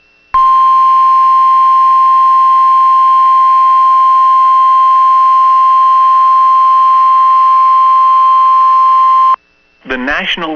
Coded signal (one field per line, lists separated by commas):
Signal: Emergency Alert System (SAME) tones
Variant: 1050 Hz attention tone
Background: speech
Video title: [EAS] Severe Thunderstorm Watch for Bemidji MN (June 18 2024)